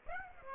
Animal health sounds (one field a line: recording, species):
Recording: mosquito wingbeat signal from an infrared sensor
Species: Aedes aegypti